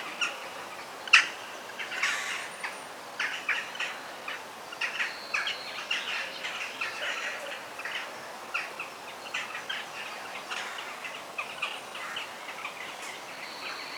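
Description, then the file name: Birds chirping in a busy mixed chorus, with many short tweets and squawky notes overlapping throughout, one sharp note standing out early, with faint background hiss. Forest birds. "Sounds of the Forest - Bird Sounds"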